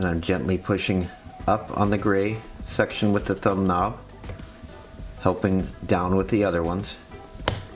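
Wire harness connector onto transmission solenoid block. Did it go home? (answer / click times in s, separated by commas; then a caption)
yes / 7.5 s. Someone talks while pushing a plastic wire harness connector, already squared on, onto the transmission solenoid block of a Dodge, Jeep or Chrysler RFE or 62TE transmission, pressing up on its gray section with the thumb while the other fingers help it down. A sharp click at 7.5 s marks the connector seating into place.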